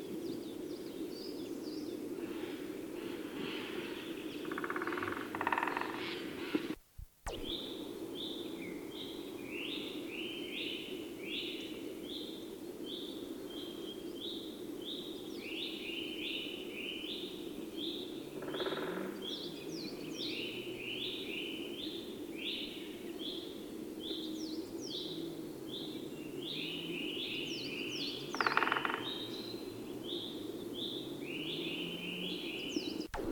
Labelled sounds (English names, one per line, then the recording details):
Great Spotted Woodpecker drumming
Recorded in the wild
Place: Kuchelmiß, Mecklenburg-Vorpommern, DE
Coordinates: 53.347, 12.347
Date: 1981-03-28
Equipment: Nagra III BH, Sennheiser MD 21, parabola
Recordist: Schubert, Michael